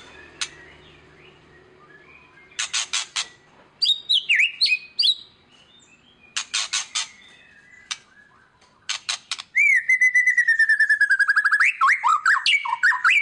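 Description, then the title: White-rumped shama song starting with scattered sharp chip bursts, then a long falling whistle leading into fast varied notes. Song played as a lure to draw a response from other birds. "PANCINGAN MEWAH MURAI BATU GACOR, SEKALI DENGAR AMPUH LANGSUNG RESPON"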